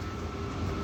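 A plastic bumper retaining latch beside the headlight is being handled as it is pressed back toward its headlight/body mount. Only a steady broadband noise with a faint constant tone is heard, with no sharp click. Nothing has seated or clicked yet.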